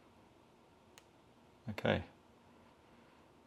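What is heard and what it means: A small plastic part is pressed home into the assembly of a Tamiya 1/35 scale German 6x4 Krupp Protze truck model kit, carefully so nothing breaks. A short, sharp click sounds at 1.0 s as the part seats, and shortly after someone talks. The part is seated.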